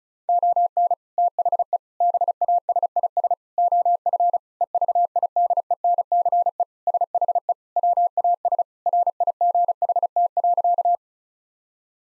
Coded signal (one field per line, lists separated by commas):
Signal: Morse code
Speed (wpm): 36 wpm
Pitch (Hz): 700 Hz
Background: none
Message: ON THE BASIS OF EVIDENCE SHE WAS RIGHT.